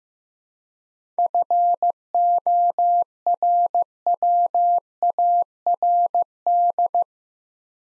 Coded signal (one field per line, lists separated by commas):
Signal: Morse code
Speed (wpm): 15 wpm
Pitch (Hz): 700 Hz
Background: none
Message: FORWARD